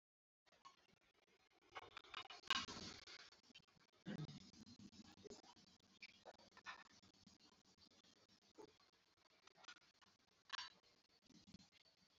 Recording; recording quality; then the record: shallow breathing; excellent, no background noise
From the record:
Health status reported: COVID-19 positive, mild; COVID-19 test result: positive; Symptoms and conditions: hypertension, diabetes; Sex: male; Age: 54 years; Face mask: not worn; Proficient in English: yes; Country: India